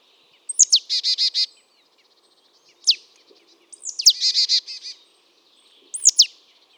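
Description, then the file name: Marsh tit calls: sharp downslurred whistled notes followed by rapid buzzy, nasal note series, given in two bouts with a single sharp note between them and more sharp notes after. "Poecile palustris"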